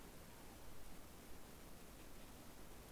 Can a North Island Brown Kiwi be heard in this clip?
no